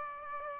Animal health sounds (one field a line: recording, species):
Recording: mosquito wingbeat signal from an infrared sensor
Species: Aedes aegypti